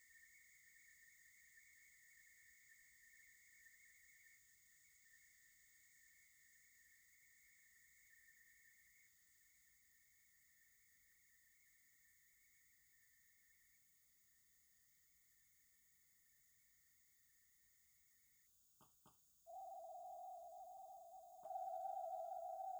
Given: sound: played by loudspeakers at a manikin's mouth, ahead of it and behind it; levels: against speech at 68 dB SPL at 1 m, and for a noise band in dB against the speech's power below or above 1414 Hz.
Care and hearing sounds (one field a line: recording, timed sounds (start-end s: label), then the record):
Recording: test signals for a remote microphone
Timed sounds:
0.00-4.37 s: noise band at 2000 Hz, +5 dB
4.37-9.07 s: noise band at 2000 Hz, 0 dB
9.07-13.76 s: noise band at 2000 Hz, -5 dB
13.76-18.46 s: noise band at 2000 Hz, -10 dB
18.84 s: click
19.09 s: click
19.46-21.46 s: noise band at 707 Hz, -13 dB
21.46-22.80 s: noise band at 707 Hz, +22 dB
From the record:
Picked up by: remote receiver E, fed by microphone B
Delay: 43 ms